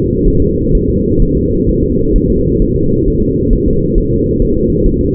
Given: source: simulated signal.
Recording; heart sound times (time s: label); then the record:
fetal heart sounds
0.28 s: S1
0.42 s: S2
0.75 s: S1
0.90 s: S2
1.22 s: S1
1.37 s: S2
1.69 s: S1
1.84 s: S2
2.16 s: S1
2.30 s: S2
2.62 s: S1
2.76 s: S2
3.08 s: S1
3.22 s: S2
3.53 s: S1
3.68 s: S2
3.98 s: S1
4.12 s: S2
4.42 s: S1
4.57 s: S2
4.86 s: S1
5.01 s: S2
From the record:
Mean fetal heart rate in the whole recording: 130 bpm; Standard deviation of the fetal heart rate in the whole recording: 4 bpm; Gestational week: 38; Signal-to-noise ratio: -15.3 dB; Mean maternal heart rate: 72 bpm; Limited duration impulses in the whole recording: present